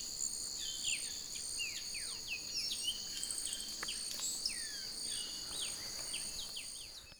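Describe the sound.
Red-headed malimbe calls: short, downslurred chirps given in scattered bursts throughout, over a steady high insect buzz and drone.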